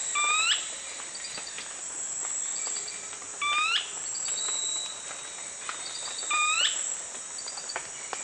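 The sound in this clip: Brownish twistwing giving three sharp rising call notes about three seconds apart, with faint high chips between them and a constant shrill insect hum behind.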